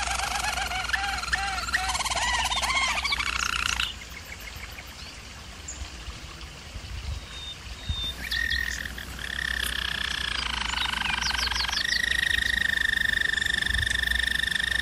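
Bird song with quick chattering phrases and fast upward notes at first, a quieter pause midway, then sustained rattling trills on level pitches, with a steady low hum underneath.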